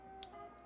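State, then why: Seated. The metal folding clasp of the steel bracelet on a 39mm Rolex Explorer 214270 watch is closed, and it snaps shut onto its catch with a single sharp, short click at 0.2 seconds. Music plays steadily in the background, and the clasp is seated.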